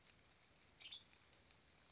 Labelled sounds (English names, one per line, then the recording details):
Western Tanager
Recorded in Sonoma County, California